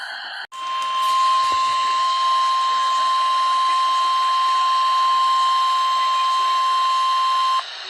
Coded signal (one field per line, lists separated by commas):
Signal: Emergency Alert System (SAME) tones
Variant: 1050 Hz attention tone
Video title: EAS: Alert Compilation (5/19/19) (EAS #37-57)